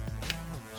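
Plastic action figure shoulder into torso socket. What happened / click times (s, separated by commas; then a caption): The plastic shoulder joint popped into its socket / 0.3 s. A plastic shoulder piece is pressed into the torso socket of an action figure, giving one short, sharp pop at 0.3 s over steady background music. The shoulder seats into place.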